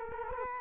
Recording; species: mosquito wingbeat signal from an infrared sensor; Culex quinquefasciatus